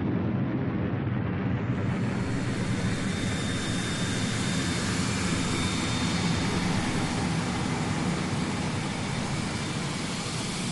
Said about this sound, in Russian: пытаясь разглядеть, как шаттлы, словно маленькие муравьи, снуют по учебному городку, а над ним, жужжа моторами, словно пчелы, летят ярко-оранжевые грузовые дроны.